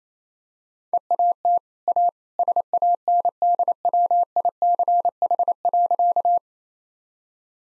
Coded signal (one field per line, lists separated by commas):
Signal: Morse code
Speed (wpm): 27 wpm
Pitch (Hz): 700 Hz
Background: none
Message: EAT A SANDWICH.